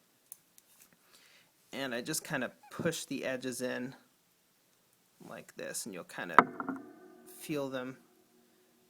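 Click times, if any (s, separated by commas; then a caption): none. Someone talks while pushing the edges of a 1/16 inch braided sleeve into a PC power or motherboard connector housing around the crimped pin. A few faint, sharp ticks come early, near 0.3 and 0.6 seconds, amid the speech. The clip ends before the sleeved pin goes home, and nothing has seated or clicked yet.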